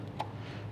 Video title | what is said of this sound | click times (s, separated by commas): Toyota 4Runner Kicker Plug & Play 5-Channel Amp & Down-fire Sub Kit - 2010 - 2024 Toyota 4Runner | will snap into place there. | 0.2 s